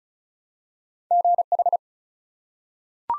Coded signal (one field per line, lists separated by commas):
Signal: Morse code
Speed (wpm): 36 wpm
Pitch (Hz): 700 Hz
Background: none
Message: GH